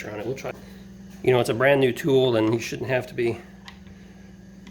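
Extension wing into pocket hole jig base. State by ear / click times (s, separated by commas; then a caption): seated / 3.7 s, 4.7 s. Someone talks while fitting an extension wing into the keyhole slot on the plastic base of a 2021 Kreg 720 Pro pocket hole jig after some fiddling. Sharp clicks follow at 3.7 s and 4.7 s as the wing locks into place.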